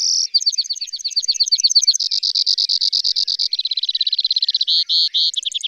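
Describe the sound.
Bird song in rapid high trills that switch speed and pitch several times, from slurred chirps to buzzy rattles, with a brief pause near the end.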